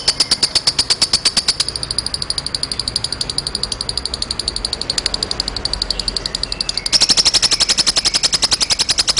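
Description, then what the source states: Lovebird in a rapid chirping chatter: high, clipped notes repeated quickly, softer for a while before a louder run. Snow (salju) colour variety lovebird owned by Mr Said.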